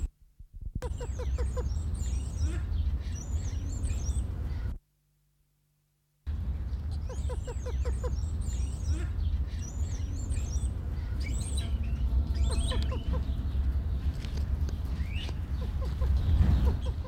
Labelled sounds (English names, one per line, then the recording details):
Wattled Starling
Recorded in captivity
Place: Zoo Berlin, Berlin, DE
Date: 1995-03-14 14:30
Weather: bedeckt, -1°C, böiger Wind
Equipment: Sony WM-D6C, Sennheiser ME 80, Kopie Uher Variocord 263
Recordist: Tembrock, Günter